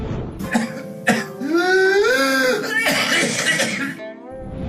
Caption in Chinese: 他在咳嗽结束以后呢，出现了一个吸气一样的吼的声音。 有点像鸡鸣一样，所以我们称之为鸡鸣样的咳嗽。听到这种声音的时候，指向了一个病，叫百日咳。 百日咳呢，是由百日咳包特菌导致的。